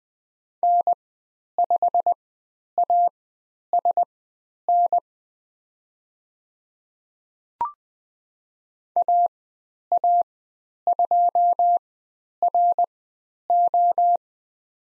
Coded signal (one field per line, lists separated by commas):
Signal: Morse code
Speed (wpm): 20 wpm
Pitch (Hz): 700 Hz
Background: none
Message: N5ASN AA2RO